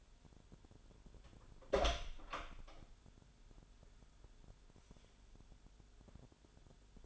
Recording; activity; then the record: daily activity, microphone in the room; open door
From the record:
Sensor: 5